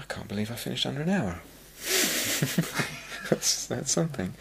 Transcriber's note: laughter